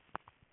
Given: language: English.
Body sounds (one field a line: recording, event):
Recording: throat vibration sensor signal played as sound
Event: swallow